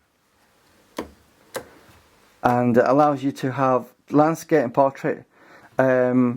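A tripod collar rotating on a Canon 300mm f/2.8 L IS II telephoto lens barrel clicks into detent positions at 0.99 s and 1.56 s, two sharp ticks over a quiet background. Someone then talks.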